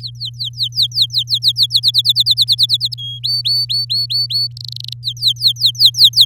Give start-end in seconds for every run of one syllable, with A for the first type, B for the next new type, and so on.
0.01-1.80 A, 1.83-2.94 B, 2.98-3.19 C, 3.23-4.47 D, 4.57-4.93 E, 5.03-6.25 A